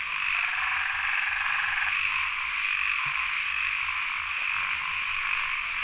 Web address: Ziklibrenbib Les Cartes Postales Sonores NOISE ON EARTH Vol 1 CAMBODIA Les Cartes Postales Sonores - 02-Insects Frogs of Sen Monorom